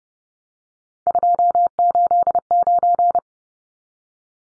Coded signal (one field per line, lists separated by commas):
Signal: Morse code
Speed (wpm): 30 wpm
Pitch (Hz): 700 Hz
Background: none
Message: 289